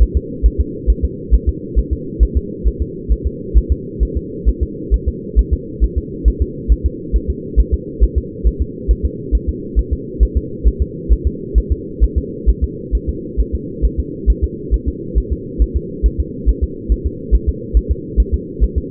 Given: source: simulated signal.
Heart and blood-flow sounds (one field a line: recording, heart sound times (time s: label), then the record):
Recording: fetal heart sounds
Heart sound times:
0.02 s: S1
0.17 s: S2
0.46 s: S1
0.61 s: S2
0.90 s: S1
1.05 s: S2
1.34 s: S1
1.49 s: S2
1.79 s: S1
1.93 s: S2
2.23 s: S1
2.37 s: S2
2.68 s: S1
2.82 s: S2
3.12 s: S1
3.27 s: S2
3.58 s: S1
3.72 s: S2
4.03 s: S1
4.17 s: S2
4.49 s: S1
4.63 s: S2
4.94 s: S1
5.08 s: S2
5.39 s: S1
5.53 s: S2
5.84 s: S1
5.98 s: S2
6.28 s: S1
6.42 s: S2
6.72 s: S1
6.86 s: S2
7.16 s: S1
7.30 s: S2
7.60 s: S1
7.74 s: S2
8.04 s: S1
8.18 s: S2
8.47 s: S1
8.62 s: S2
8.91 s: S1
9.05 s: S2
9.35 s: S1
9.49 s: S2
9.79 s: S1
9.93 s: S2
10.23 s: S1
10.37 s: S2
10.68 s: S1
10.82 s: S2
11.12 s: S1
11.27 s: S2
11.58 s: S1
11.72 s: S2
12.04 s: S1
12.18 s: S2
12.49 s: S1
12.64 s: S2
12.95 s: S1
13.09 s: S2
13.40 s: S1
13.55 s: S2
13.85 s: S1
14.00 s: S2
14.30 s: S1
14.44 s: S2
14.74 s: S1
14.88 s: S2
15.18 s: S1
15.33 s: S2
15.62 s: S1
15.77 s: S2
16.06 s: S1
16.20 s: S2
16.49 s: S1
16.64 s: S2
16.92 s: S1
17.06 s: S2
17.35 s: S1
17.49 s: S2
17.77 s: S1
17.91 s: S2
18.20 s: S1
18.34 s: S2
18.64 s: S1
18.78 s: S2
From the record:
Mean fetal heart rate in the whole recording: 135 bpm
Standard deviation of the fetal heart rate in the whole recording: 3 bpm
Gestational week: 34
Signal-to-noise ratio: -4.1 dB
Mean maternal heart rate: no maternal heart sound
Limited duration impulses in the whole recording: absent